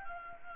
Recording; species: mosquito wingbeat signal from an infrared sensor; Anopheles gambiae